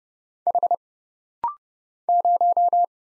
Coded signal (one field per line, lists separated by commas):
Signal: Morse code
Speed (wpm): 31 wpm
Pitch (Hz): 700 Hz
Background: none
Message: H 0